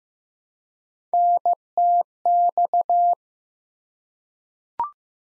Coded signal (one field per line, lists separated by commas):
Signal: Morse code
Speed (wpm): 15 wpm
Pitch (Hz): 700 Hz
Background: none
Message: NTX